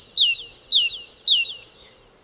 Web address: Carbonero común